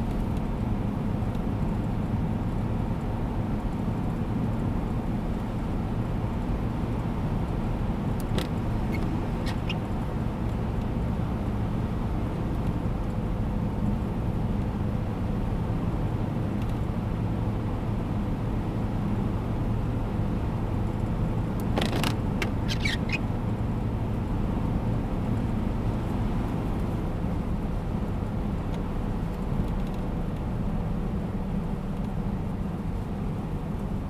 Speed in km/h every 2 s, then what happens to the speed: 113, 113, 113, 113, 112, 111, 111, 110, 110, 111, 112, 112, 112, 109, 105, 101, 98.
0-24 steady at about 112. 24-34 slows to 98.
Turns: none.